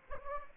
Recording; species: mosquito wingbeat signal from an infrared sensor; Anopheles gambiae